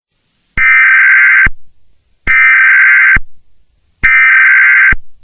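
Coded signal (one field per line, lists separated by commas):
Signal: Emergency Alert System (SAME) tones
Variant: header bursts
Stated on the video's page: Fictional EAS scenario, a made-up alert about a virus outbreak in Hawaii and Pacific territories.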